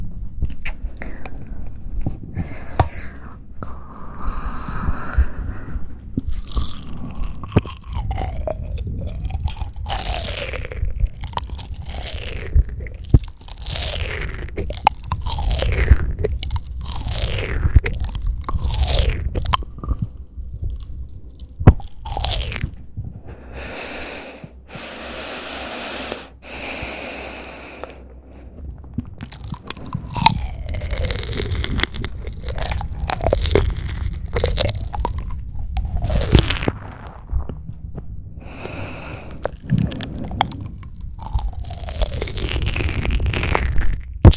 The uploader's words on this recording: Soft Mouth Sounds For Sleep.